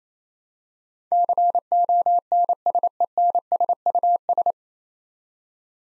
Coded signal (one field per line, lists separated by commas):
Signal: Morse code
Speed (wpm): 28 wpm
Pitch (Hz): 700 Hz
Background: none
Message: CONSENSUS